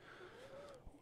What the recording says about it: I don't know if you can hear me wheezing. My asthma's bad because there's so much fires here in California that you got smoke and everything.